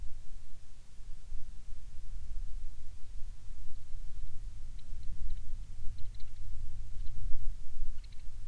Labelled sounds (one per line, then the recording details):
songbird
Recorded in the Arctic National Wildlife Refuge, Alaska, on 5 August 2019 at 12:31
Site 49